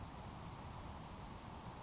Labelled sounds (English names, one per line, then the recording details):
Grasshopper Sparrow
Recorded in Sonoma County, California